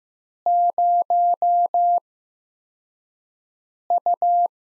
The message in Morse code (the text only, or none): 0U